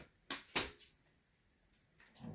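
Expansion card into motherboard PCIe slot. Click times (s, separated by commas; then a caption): 0.3 s, 0.6 s. A graphics card is pressed into a motherboard PCIe slot before the thumb screws go back in. Two sharp clicks land at 0.3 s and 0.6 s, followed by a few softer knocks and a low rumble near the end. The card is seated all the way in.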